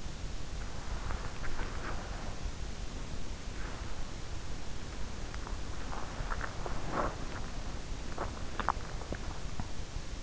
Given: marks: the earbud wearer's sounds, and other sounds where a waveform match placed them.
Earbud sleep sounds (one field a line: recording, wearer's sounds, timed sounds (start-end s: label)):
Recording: sounds in sleep by an in-ear microphone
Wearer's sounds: body movement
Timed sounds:
0.00-10.23 s: body movement